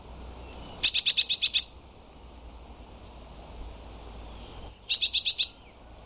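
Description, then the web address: Eurasian blue tit calls: two bursts of fast, high, buzzy notes, the second preceded by a sharp rising note, separated by about three seconds of quiet. "cianscape birddata Deverinetal 2025 File origin Bird Only Cy Ca"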